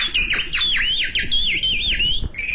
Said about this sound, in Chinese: 我一进来就听见这鸟叫。 这是我的老师，他教我的、 您的老师啊、 我跟他学的。